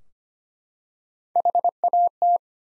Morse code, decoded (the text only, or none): HAT